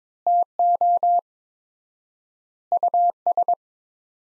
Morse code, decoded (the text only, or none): TO US